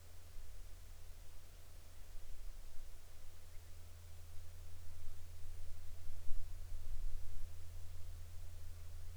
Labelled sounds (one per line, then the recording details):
man-made sound
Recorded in the Arctic National Wildlife Refuge, Alaska, on 8 July 2019 at 05:47
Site 38